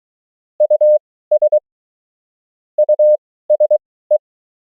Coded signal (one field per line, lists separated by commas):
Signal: Morse code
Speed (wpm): 23 wpm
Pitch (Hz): 600 Hz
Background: none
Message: US USE